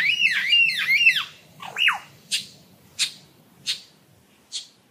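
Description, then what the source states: Superb Lyrebird mimicking other birds: wavering looping whistles, a steep downward sweep, then a series of short sharp clicks spaced under a second apart. Male display song mimicking other species, each call shortened to fit them all in before a female loses interest; Dandenong Ranges National Park, Melbourne, Australia.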